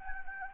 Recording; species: mosquito wingbeat signal from an infrared sensor; Anopheles gambiae